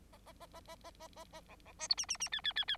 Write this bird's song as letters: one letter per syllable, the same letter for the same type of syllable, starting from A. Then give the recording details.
A A A A A A A A A B B C D E E E F F F F. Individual Bird9